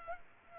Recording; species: mosquito wingbeat signal from an infrared sensor; Culex pipiens